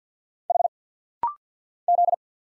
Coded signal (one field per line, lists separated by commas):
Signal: Morse code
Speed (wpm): 50 wpm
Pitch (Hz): 700 Hz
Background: none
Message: H Z